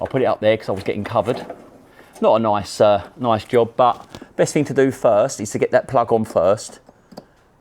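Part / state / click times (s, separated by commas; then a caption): plug on a diesel additive pouch assembly / seated / 7.2 s. Someone talks through most of the clip while a plug on a refitted diesel additive pouch assembly is pushed on and in. A short, sharp click comes at 7.2 s as the plug seats.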